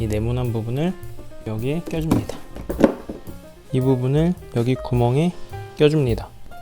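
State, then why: Not seated. A plastic wall panel of a toddler play house is handled and lined up with the hole in the plastic floor piece while someone talks over music. A few short knocks and taps are heard, but nothing has seated or clicked yet.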